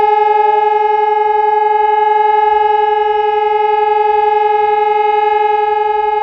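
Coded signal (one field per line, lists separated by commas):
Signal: siren signal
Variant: Sonnenburg SES 1200 electronic siren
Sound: loud steady electronic siren tone held throughout, no breaks heard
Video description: Monatliche Sirenenprobe in Eitorf am 4. Samstag im Monat um 11.15 Uhr mit dem Signal "Feueralarm".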